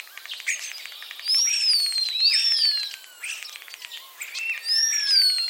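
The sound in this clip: Common starling producing rapid clicking rattles interspersed with arched whistles that rise and fall, repeated in several bursts.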